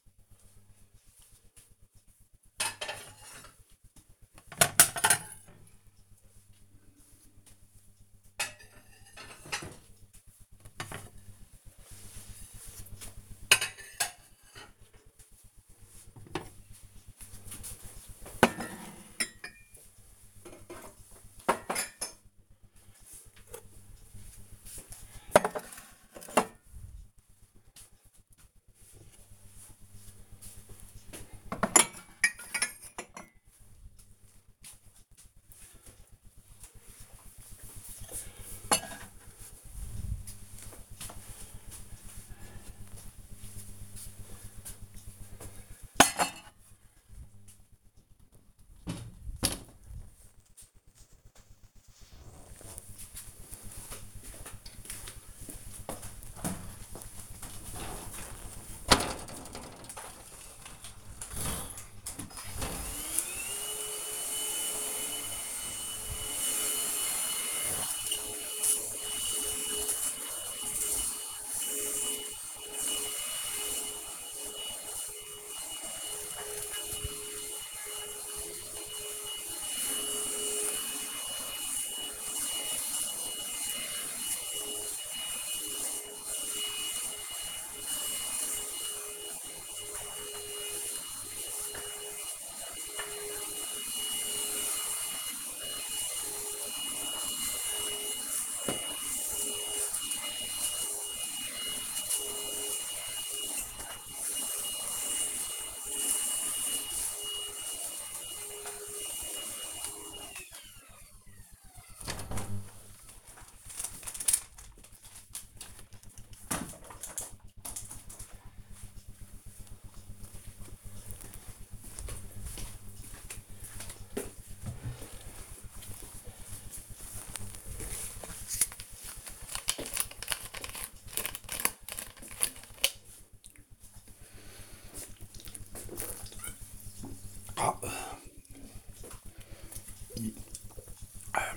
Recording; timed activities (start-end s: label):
household activities, microphone on the right wrist
0.00-49.65 s: putting away the dishes
60.74-111.10 s: vacuum cleaning
124.18-141.57 s: drinking